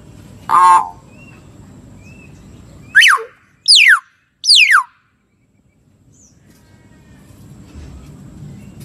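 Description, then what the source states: Lovebird producing a rasping screech followed by three sharp, shrill calls that slide steeply downward, spaced under a second apart, then quiet. Lovebird lure call used for trapping birds.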